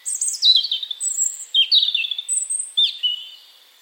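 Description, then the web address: European robin singing a continuous jumble of high, sweet, descending whistles and fluttering trills, phrases shifting pitch quickly over a few seconds. "Deverinetal 2025 File origin Bird Only Er Ru"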